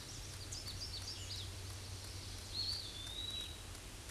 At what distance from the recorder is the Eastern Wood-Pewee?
about 15 m